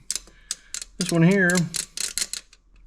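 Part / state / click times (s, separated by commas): bolt threaded into a stud on a car engine / stripped / none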